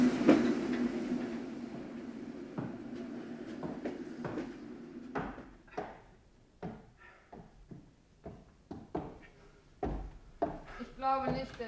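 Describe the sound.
A train rattles along the rails, first as a steady low rumble, then breaking into irregular clattering knocks and clicks, with brief indistinct voices toward the end.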